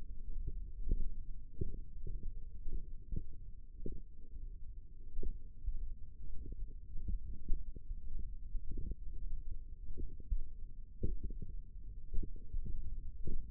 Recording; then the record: forearm muscle sounds (acoustic myography)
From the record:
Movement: tripod grip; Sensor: system 1, eight BSWA MPA416 microphones around the upper forearm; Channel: 5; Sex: female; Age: 21 years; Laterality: right